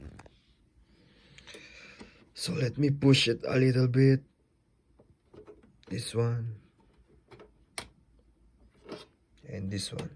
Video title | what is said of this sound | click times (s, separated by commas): How to Install RAM into a Desktop PC | hear the click sound. | 7.8 s